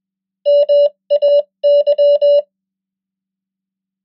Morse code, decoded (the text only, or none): MAY